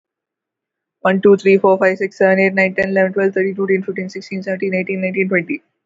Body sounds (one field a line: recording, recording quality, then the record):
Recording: counting at a fast pace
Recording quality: excellent, no background noise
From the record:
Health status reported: healthy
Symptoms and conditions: none ticked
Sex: female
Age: 32 years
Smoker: not ticked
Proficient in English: yes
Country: India